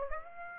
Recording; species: mosquito wingbeat signal from an infrared sensor; Aedes aegypti